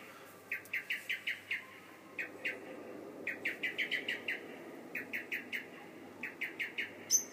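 Bird song: short clear notes delivered in quick runs of two to seven, with brief pauses between the runs, over a quiet background.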